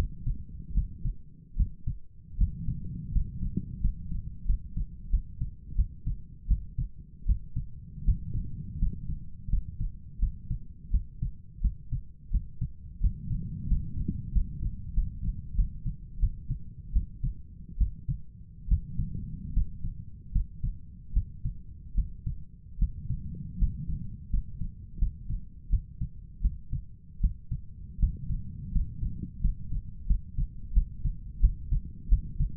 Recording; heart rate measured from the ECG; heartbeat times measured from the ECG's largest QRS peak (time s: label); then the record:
heart sounds by stethoscope; 82 bpm
0.75 s: heartbeat
1.57 s: heartbeat
2.38 s: heartbeat
3.13 s: heartbeat
3.81 s: heartbeat
4.46 s: heartbeat
5.11 s: heartbeat
5.76 s: heartbeat
6.48 s: heartbeat
7.26 s: heartbeat
8.05 s: heartbeat
8.79 s: heartbeat
9.50 s: heartbeat
10.20 s: heartbeat
10.91 s: heartbeat
11.62 s: heartbeat
12.31 s: heartbeat
13.01 s: heartbeat
13.68 s: heartbeat
14.33 s: heartbeat
14.94 s: heartbeat
15.56 s: heartbeat
16.20 s: heartbeat
16.93 s: heartbeat
17.78 s: heartbeat
18.69 s: heartbeat
19.54 s: heartbeat
20.32 s: heartbeat
21.14 s: heartbeat
21.95 s: heartbeat
22.79 s: heartbeat
23.59 s: heartbeat
24.30 s: heartbeat
24.99 s: heartbeat
25.70 s: heartbeat
26.42 s: heartbeat
27.21 s: heartbeat
28.00 s: heartbeat
28.72 s: heartbeat
29.41 s: heartbeat
30.07 s: heartbeat
30.74 s: heartbeat
31.41 s: heartbeat
32.09 s: heartbeat
From the record:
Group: healthy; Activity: rest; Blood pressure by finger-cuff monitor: 129/70 mmHg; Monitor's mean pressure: 84 mmHg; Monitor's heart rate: 84 bpm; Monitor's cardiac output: 7.6 L/min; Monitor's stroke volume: 92 mL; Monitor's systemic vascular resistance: 810 dyn s/cm5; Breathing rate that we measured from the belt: 12 breaths a minute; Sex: male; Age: 23 years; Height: 179 cm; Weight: 87 kg